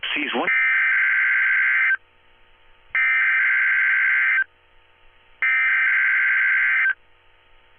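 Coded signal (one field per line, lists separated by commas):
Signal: Emergency Alert System (SAME) tones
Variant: header bursts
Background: speech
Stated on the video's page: Live enthusiast stream of EAS content.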